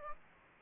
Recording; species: mosquito wingbeat signal from an infrared sensor; Aedes aegypti